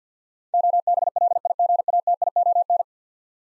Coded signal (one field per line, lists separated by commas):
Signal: Morse code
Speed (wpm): 48 wpm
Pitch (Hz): 700 Hz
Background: none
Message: OBLIGATION